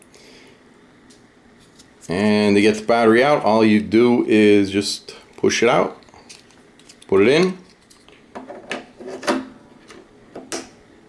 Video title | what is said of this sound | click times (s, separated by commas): Ashthorpe Full Size Thinline Electric Acoustic Guitar Review | then it snaps back in there | 10.5 s